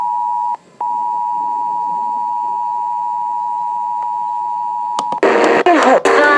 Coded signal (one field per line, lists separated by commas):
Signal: Emergency Alert System (SAME) tones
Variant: 853 and 960 Hz attention tone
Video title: Shasta's RMT (EAS #3468-3484)